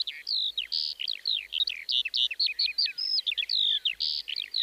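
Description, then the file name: Eurasian skylark in full song, with a dense run of sharp descending chirps, brief trills and clear whistled notes, barely pausing. "mezeipacsirta"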